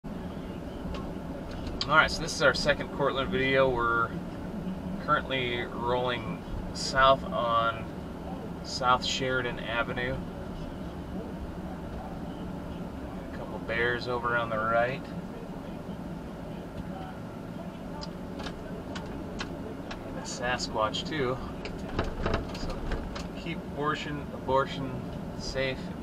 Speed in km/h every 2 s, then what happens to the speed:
21, 23, 24, 24, 24, 24, 23, 18, 13, 13, 15, 16, 19.
0-10 steady at about 24. 10-16 slows to 13. 16-26 speeds up to 19.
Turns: none.